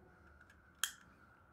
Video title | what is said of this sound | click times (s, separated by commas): Sig p365 grip to a p365 xl grip | you heard that little snap that's | 0.8 s